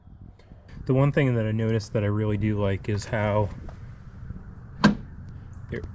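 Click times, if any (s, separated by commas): 4.8 s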